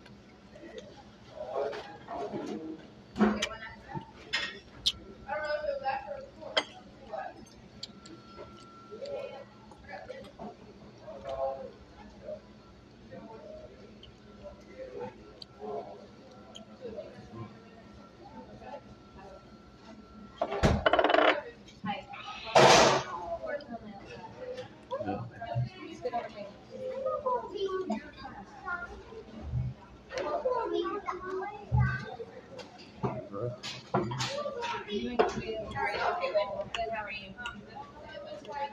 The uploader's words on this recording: Watermill restaurant. This is us eating at the restaurant and u may hear conversations as well.